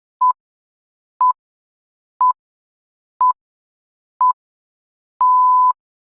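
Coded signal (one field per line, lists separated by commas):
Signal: radio time signal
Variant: BBC six pips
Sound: five short 1 kHz pips one second apart, then a half-second long pip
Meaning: The start of the final long pip marks the exact start of the minute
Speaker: I'm sure you know what I'm referring to, but if you don't, these are the pips.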